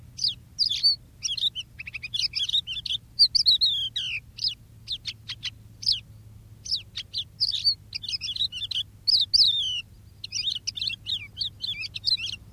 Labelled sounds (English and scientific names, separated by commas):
Crested Lark (Galerida cristata) song